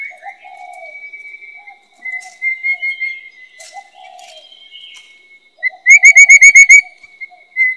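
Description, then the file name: Rufous-capped babbler song, a burst of about seven rapid, evenly spaced piping notes, with soft low warbles and a thin steady whine behind. "山紅頭"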